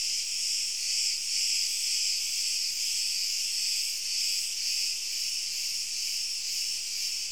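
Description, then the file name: Crickets chirping in a dense, continuous, high-pitched chorus that pulses gently in loudness, with no other clear sounds. "Grillen"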